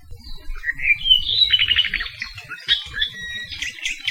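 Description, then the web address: Apapane call sequence: upslurred whistles followed by a rapid buzzy rattle and scattered squeaky notes, with light low-frequency background noise. Saddle Road, Hawaii. "Saddle Road Birding Songfiles apapanelong"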